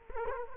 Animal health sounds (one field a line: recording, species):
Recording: mosquito wingbeat signal from an infrared sensor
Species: Culex quinquefasciatus